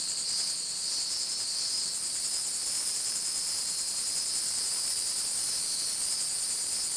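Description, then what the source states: Insect buzzing, a steady shrill high-pitched drone with faint rapid pulsing that runs unbroken throughout, with soft background hiss. Recorded at Fort Matanzas.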